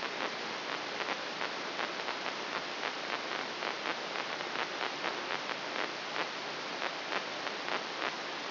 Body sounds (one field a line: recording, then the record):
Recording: brain microelectrode recording played as sound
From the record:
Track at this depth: inside the subthalamic nucleus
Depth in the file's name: 3.911 mm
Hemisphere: left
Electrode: 3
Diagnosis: Parkinson's disease